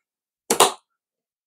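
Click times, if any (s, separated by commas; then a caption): 0.5 s. A DDR5 memory module is pressed down into a motherboard DIMM slot with even pressure on both ends, and the retention latch clicks at 0.5 s, followed by a second, louder snap at about 0.6 s. The module is seated.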